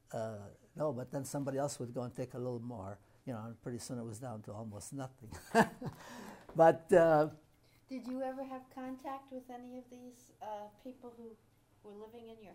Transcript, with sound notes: know, but then somebody else would go and take a little more, you know, and pretty soon it was down to almost nothing. [Laughs] But —
Did you ever have contact with any of these people who were living in your house?